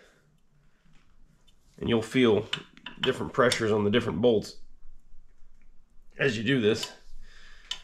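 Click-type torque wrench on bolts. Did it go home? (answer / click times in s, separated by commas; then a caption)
yes / 7.7 s. A click-type torque wrench is worked evenly across bolts while someone talks about feeling different pressures on the different bolts, with faint metallic ticks in the background. At 7.7 s the wrench gives a sharp click, showing the set torque has been reached.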